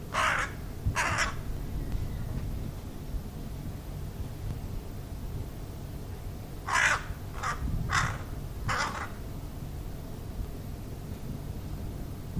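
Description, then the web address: Bird giving harsh, raspy caws: two quick calls at the start, then a long pause and four more in close succession, over a low background rumble. "cianscape. Deverinetal. Bird Only"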